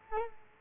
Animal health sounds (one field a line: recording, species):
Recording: mosquito wingbeat signal from an infrared sensor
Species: Culex quinquefasciatus